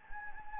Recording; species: mosquito wingbeat signal from an infrared sensor; Anopheles gambiae